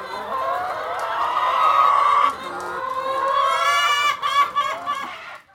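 Chicken clucking, a few stretched calls followed by quick short clucks that fade at the end.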